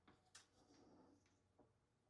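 A case screw is driven into the instrument cabinet while closing up an EICO 150 signal tracer, and its thread strips out instead of tightening. Short scratchy bursts of turning and grinding sit over a low, steady hum. The screw has not seated or clicked tight; it is stripped.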